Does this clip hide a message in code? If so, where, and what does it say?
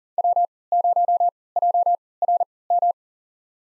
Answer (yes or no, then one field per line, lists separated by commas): yes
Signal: Morse code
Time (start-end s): 0.2-2.9 s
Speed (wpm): 40 wpm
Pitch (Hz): 700 Hz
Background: none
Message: W0JRM